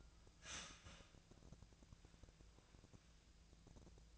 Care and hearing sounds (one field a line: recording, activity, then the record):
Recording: daily activity, microphone in the room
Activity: start toaster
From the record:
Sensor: 2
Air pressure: 1000.0 hPa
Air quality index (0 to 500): 146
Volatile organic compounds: 2 ppm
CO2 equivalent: 1244 ppm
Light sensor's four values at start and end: 27/66/28/31 and 27/66/28/31